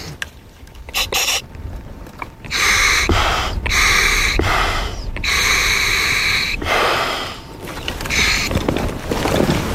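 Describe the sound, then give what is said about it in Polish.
A diver test-breathes through the second stages of a scuba regulator before a dive, air hissing in and out in a series of sharp, breathy bursts, several long hissing exhales with shorter intakes between them, loud and with no talking. “Ona teraz sprawdza poprawność funkcjonowania jej drugich stopni automatu oddechowego.”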